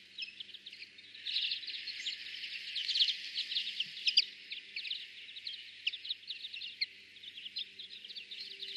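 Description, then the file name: European greenfinch twitter, a steady stream of fast, thin chirping notes with louder peaks near three and four seconds, continuing to the end. "Chloris chloris"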